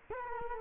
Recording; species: mosquito wingbeat signal from an infrared sensor; Culex quinquefasciatus